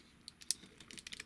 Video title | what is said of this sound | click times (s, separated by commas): Transformers review Masterpiece Cheetor | closes up and snaps into place | 0.5 s